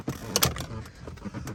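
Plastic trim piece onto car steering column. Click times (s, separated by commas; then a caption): 0.4 s. A plastic trim piece is pushed onto a car's steering column, with two sharp clicks at 0.4 s and 0.4 s (0.36 s and 0.43 s) followed by a softer knock around 0.6 s. The piece snaps into place and is seated.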